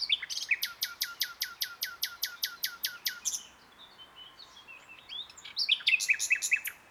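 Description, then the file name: Common nightingale song, a fast series of many identical sharp notes, then quieter notes and a phrase of twittering trills. "Luscinia megarhynchos"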